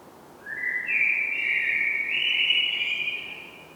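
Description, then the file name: Common blackbird giving a rich whistled phrase that rises in steps and holds steady for about three seconds before fading. "Turdus merula"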